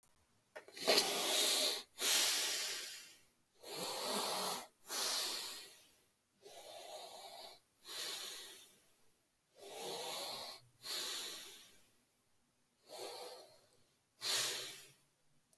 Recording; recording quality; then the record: deep breathing; excellent, no background noise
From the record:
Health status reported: healthy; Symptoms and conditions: none ticked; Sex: male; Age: 29 years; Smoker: not ticked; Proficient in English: yes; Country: United States